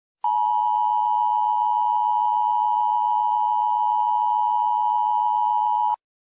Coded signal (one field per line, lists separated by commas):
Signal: Emergency Alert System (SAME) tones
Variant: 853 and 960 Hz attention tone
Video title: stupid cat eas scenario red mist squidward rampage sin count reviwed merowing